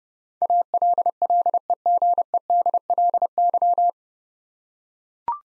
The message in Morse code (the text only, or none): ALLEGEDLY